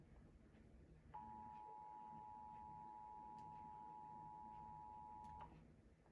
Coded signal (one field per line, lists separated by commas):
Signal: Emergency Alert System (SAME) tones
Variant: 853 and 960 Hz attention tone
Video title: Thursday Monthly and Weekly Tests (EAS #7093-7101) 7/7/22